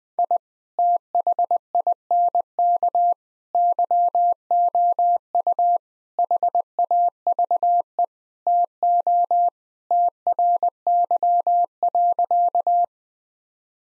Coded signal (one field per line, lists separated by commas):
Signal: Morse code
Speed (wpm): 20 wpm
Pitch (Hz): 700 Hz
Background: none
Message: I THINK YOU HAVE TO TRY.